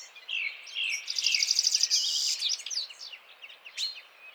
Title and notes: Printemps de Venturon. 17 mars 2017-Vallon de Combeau - Drôme. le chant du Venturon montagnard ( Serinus citrinella)